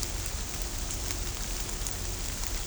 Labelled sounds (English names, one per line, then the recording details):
none
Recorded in shrubland near Pivijay, Magdalena, Colombia, on 1 June 2023 at 17:00
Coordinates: 10.453, -74.365
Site P5-G022